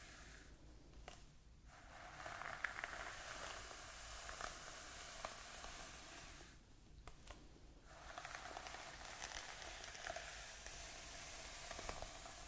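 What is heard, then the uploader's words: Close ASMR hair play: dense, soft rustling and crackling strands, with brief quiet pauses near one-two seconds and around seven seconds. ASMR Playing with Your Hair.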